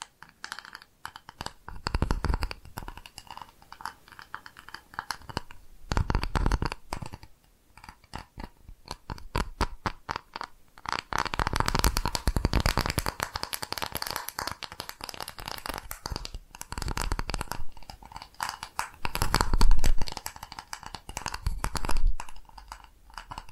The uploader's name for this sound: ASMR Tapping Different Areas of Your Brain 3D Panning Triggers